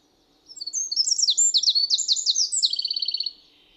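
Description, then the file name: Eurasian wren song: a loud, rapid, high-pitched burst of varied twittering notes that ends in a fast, even trill, lasting about three seconds over a quiet background. "Troglodytes troglodytes"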